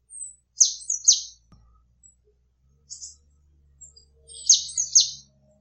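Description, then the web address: Eurasian blue tit calling: high, thin, falling notes in quick bursts near the start and end, with a few fainter notes between. "cianscape birddata Deverinetal 2025 File origin Bird Only Cy Ca"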